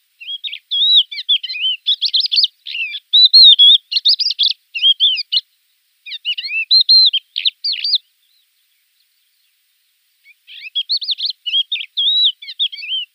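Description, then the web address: Crested lark song: a rapid, varied stream of clear whistled and twittering notes, pausing briefly near six seconds and again for about two seconds before resuming. "Schulze Peter Crested Lark song"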